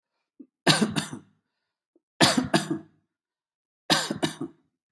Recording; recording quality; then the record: shallow voluntary cough; excellent, no background noise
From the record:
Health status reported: healthy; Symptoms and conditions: diabetes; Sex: male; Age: 57 years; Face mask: not worn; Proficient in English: yes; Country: India